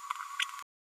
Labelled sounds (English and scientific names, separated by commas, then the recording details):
Green-rumped Parrotlet (Forpus passerinus) babbling
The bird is a female
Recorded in a nest box in Venezuela
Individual 17B102A5